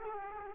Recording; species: mosquito wingbeat signal from an infrared sensor; Aedes aegypti